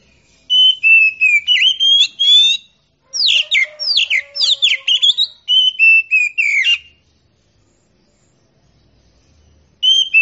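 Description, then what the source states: Oriental magpie-robin song: loud, clear whistled phrases mixing sliding notes and rapid sharp chips, in several bursts separated by short pauses. Champion singing bird; Indonesian name kacer.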